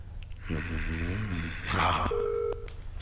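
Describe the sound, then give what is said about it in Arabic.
A drawn-out human voice sounds first, then a single brief, steady electronic telephone ring tone, mid-pitched and clear, cuts in and quickly stops. “عن إذنك أرد على التليفون يا ابني.”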